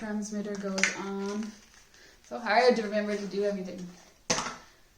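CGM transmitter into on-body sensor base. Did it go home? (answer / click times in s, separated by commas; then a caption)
yes / 4.3 s. A plastic CGM glucose-monitor transmitter is pressed into the sensor housing stuck on the skin while someone talks. A sharp, loud click is heard at 4.3 s as the transmitter seats into the on-body sensor base.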